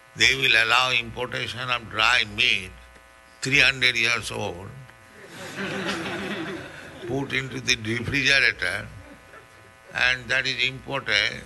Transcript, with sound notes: They will allow importation of dry meat, three hundred years old, [laughter] put into the refrigerator, and that is imported.